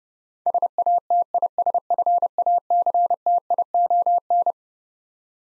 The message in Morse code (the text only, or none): SATISFACTION